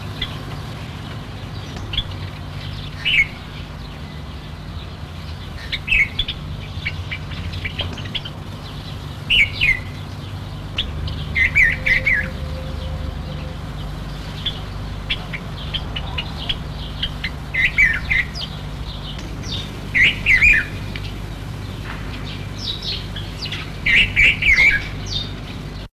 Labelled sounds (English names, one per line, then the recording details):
Red-vented Bulbul song
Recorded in captivity
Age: adult
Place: Zoo Gelsenkirchen, Nordrhein-Westfalen, DE
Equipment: Halbspur, 9,5 cm/s
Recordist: Lütgens, Hans
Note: Gesang